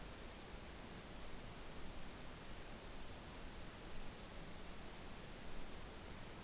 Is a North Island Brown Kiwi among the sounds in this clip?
no